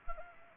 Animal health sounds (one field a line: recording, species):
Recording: mosquito wingbeat signal from an infrared sensor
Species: Anopheles arabiensis